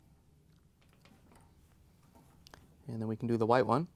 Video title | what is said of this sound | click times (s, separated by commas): How To: Whirlpool/KitchenAid/Maytag Water Inlet Valve WP8540751 | press it in so it locks into place and you get a good connection | 2.5 s